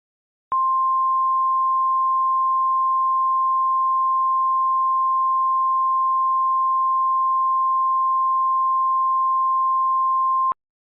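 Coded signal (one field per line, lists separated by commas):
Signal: Emergency Alert System (SAME) tones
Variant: 1050 Hz attention tone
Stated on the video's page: Fictional scenario: a blizzard emergency alert, with voice actors.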